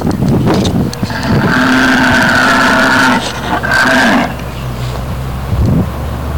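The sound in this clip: Cow bellowing: two drawn-out, loud, harmonic moans, the first longer than the second, over heavy rumbling noise.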